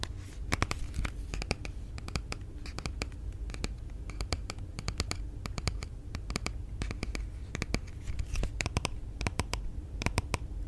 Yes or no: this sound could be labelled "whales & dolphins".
no